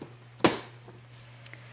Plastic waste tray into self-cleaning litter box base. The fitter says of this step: so i didn't realize at first if you push down that it snaps